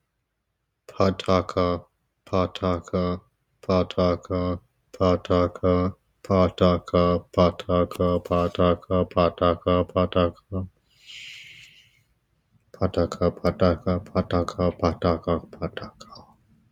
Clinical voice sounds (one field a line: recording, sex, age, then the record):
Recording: repeated syllables /pa ta ka/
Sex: male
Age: 20 to 29 years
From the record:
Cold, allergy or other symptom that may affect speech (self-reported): no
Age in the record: 25 years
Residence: Texas, United States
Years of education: 19